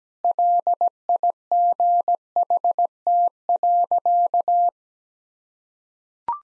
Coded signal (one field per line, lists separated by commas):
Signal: Morse code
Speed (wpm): 17 wpm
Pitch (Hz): 700 Hz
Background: none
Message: LIGHT.